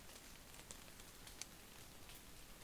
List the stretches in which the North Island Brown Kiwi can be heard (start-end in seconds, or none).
none